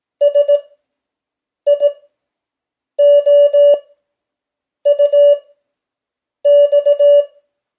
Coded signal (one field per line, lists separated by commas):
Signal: Morse code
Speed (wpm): 18 wpm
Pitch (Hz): 580 Hz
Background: none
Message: SIOUX